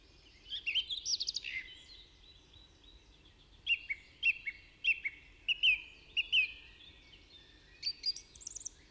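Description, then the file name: Budgerigar chirping: a quick burst of warbled, buzzy notes early on, then a loose series of sharp rising chirps, with a few more notes near the end. "Budgie Sounds"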